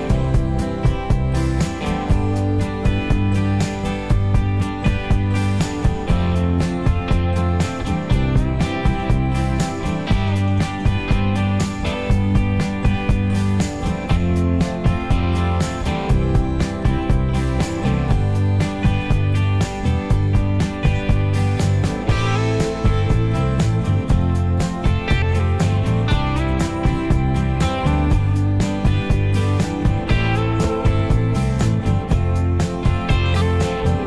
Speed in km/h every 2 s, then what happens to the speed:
85, 85, 85, 87, 87, 89, 90, 92, 92, 93, 93, 93, 93, 93, 93, 92, 92.
0-34 steady at about 92.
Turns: none.